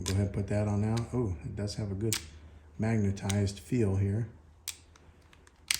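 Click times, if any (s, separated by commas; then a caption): 5.7 s. Someone talks while pushing a magnetic quick-release mount onto the bottom of an Insta360 Ace Pro action camera, with a few faint ticks as it is lined up. A sharp snap at 5.7 s marks the mount seating and locking in place.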